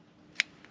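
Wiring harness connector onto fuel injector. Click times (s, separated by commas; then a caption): 0.4 s. The wiring harness connector for the first fuel injector on a 2013 Volkswagen Tiguan 2.0 TSI is pushed onto its injector during a water pump replacement. A single sharp, bright click sounds at 0.4 s, followed by a faint tick at about 0.65 s and a rising noise at the very end. The click shows the connector has seated on the injector.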